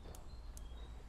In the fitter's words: schnipp eingerastet das ist ja schon sehr gut